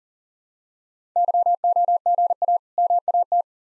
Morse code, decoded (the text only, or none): YOGA MAT